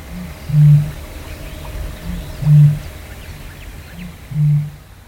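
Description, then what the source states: Eurasian bittern booming: three deep, low hollow booms, each preceded by a softer short grunt, repeated about every two seconds. Recorded at midnight in a wetland for long-term acoustic monitoring; a nocturnal wetland species that is hard to observe.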